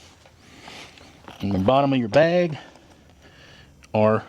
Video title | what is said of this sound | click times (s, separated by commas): Installing Genuine Lexus IS350 Accessories Yourself | flip it all the way up and it locks | 1.0 s, 1.3 s